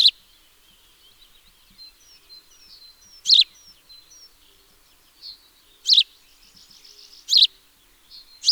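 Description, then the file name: House sparrow calls: loud harsh chirps at irregular intervals, over faint thin high whistles and twittering. "Passer domesticus"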